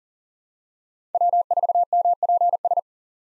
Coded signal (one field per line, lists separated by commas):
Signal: Morse code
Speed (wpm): 39 wpm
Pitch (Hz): 700 Hz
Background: none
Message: W4MPS